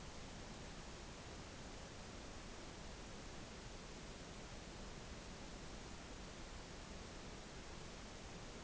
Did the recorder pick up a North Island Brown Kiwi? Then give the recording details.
no. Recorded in New Zealand on 14 November 2013. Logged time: 02:19